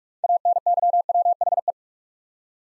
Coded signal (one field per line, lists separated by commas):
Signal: Morse code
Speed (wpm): 44 wpm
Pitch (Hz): 700 Hz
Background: none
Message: ANYWHE